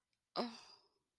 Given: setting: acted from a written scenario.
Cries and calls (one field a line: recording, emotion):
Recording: vocal sound without words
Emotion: guilt